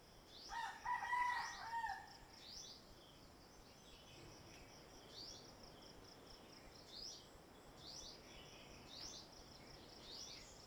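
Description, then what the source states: Rooster crowing once at the start, a harmonic crow of about a second and a half, followed by repeated short high bird chirps. Rooster heard at sunrise in the morning from a bamboo hut on Neil Island, Andaman, India, with birds in the background.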